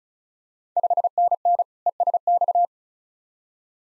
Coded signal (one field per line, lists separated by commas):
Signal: Morse code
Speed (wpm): 36 wpm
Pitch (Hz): 700 Hz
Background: none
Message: 5NN ESX